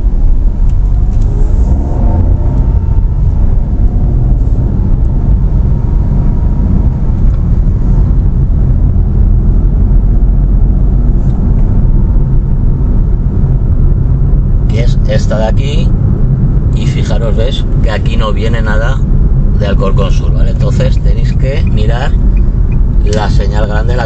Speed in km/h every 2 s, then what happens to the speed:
22, 26, 32, 32, 37, 41, 41, 43, 43, 41, 36, 34.
0-3 speeds up to 32. 6-9 speeds up to 41. 9-15 steady at about 41. 15-24 slows to 34.